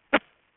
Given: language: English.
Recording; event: throat vibration sensor signal played as sound; cough